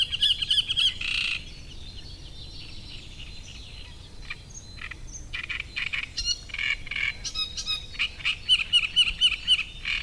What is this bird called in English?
Great Reed Warbler